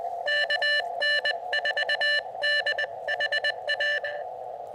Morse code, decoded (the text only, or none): KN4DHA